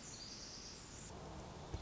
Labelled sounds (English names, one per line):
Pacific Wren